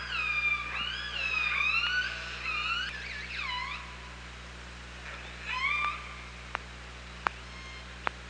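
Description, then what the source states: Killer whale calls, several wavering harmonic calls tumbling together, then a shorter rising call, with sharp isolated clicks afterwards. OrcaLab hydrophone, 24 August 2017, 07:54.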